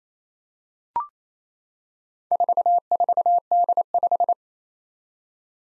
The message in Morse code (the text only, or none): 44D5